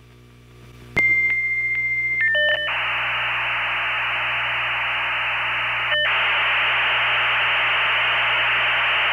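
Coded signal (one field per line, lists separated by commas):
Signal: dial-up modem handshake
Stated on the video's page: Dial-up sound from a homemade machine recreating mid-90s to early-2000s dial-up internet.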